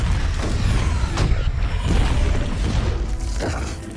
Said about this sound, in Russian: Таймер отсчитывает последние секунды, и мозг Эго гибнет во взрыве невероятной мощи.